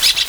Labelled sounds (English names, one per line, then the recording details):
Brown-throated Parakeet contact call
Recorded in Venezuela
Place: Guárico; Corozopando; Fundo La Fe
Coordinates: 8.506, -67.593